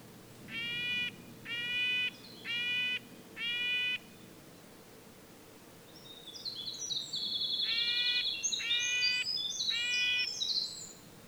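Red-breasted nuthatch giving nasal, horn-like notes about once a second, four in a row, then three more under a high, buzzy twittering from another bird.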